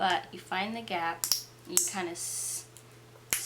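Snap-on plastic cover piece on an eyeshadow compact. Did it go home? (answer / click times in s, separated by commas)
released / 3.3 s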